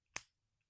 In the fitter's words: all the way until you hear a click. Kind of like an umbrella.